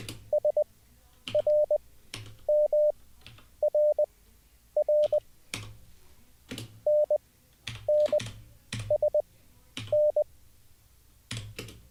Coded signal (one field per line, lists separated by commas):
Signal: Morse code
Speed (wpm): 20 wpm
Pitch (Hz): 600 Hz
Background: none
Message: SRMRR NNSN